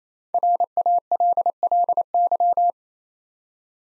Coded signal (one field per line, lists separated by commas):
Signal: Morse code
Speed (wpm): 29 wpm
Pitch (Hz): 700 Hz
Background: none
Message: RALLY